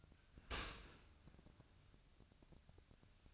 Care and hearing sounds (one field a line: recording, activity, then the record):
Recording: daily activity, microphone in the room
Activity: open dishwasher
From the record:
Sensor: 2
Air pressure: 1003.0 hPa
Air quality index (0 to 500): 199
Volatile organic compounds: 6 ppm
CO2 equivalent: 1888 ppm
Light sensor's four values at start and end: 14/34/15/16 and 14/34/15/16